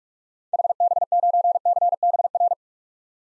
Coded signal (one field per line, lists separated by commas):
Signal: Morse code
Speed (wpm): 44 wpm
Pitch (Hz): 700 Hz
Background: none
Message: HB9CBR